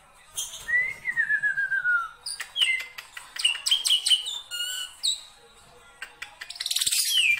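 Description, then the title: Black-winged myna giving a long falling whistle, then a burst of clicks and chirps, and finally a harsh buzzy rattle. Dense, varied song of a prolific singer, used for training other songbirds (masteran). "Kicauan Rapat Jalak Putih Gacor Banyak Variasi Untuk Masteran"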